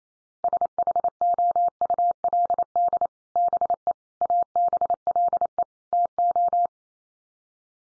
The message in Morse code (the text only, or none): SHOULD BE ABLE TO